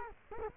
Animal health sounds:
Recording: mosquito wingbeat signal from an infrared sensor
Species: Culex quinquefasciatus

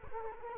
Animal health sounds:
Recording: mosquito wingbeat signal from an infrared sensor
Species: Culex quinquefasciatus

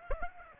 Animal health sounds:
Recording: mosquito wingbeat signal from an infrared sensor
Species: Aedes aegypti

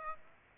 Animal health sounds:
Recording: mosquito wingbeat signal from an infrared sensor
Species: Aedes aegypti

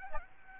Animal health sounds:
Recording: mosquito wingbeat signal from an infrared sensor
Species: Aedes albopictus

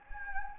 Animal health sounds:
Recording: mosquito wingbeat signal from an infrared sensor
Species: Anopheles gambiae

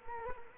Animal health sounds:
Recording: mosquito wingbeat signal from an infrared sensor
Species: Culex quinquefasciatus

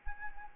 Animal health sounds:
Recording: mosquito wingbeat signal from an infrared sensor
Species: Anopheles arabiensis

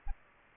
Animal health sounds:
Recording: mosquito wingbeat signal from an infrared sensor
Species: Aedes aegypti

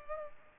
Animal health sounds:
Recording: mosquito wingbeat signal from an infrared sensor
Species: Culex pipiens

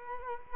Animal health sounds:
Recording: mosquito wingbeat signal from an infrared sensor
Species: Culex quinquefasciatus

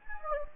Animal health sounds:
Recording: mosquito wingbeat signal from an infrared sensor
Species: Anopheles gambiae

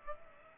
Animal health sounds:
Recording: mosquito wingbeat signal from an infrared sensor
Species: Aedes aegypti

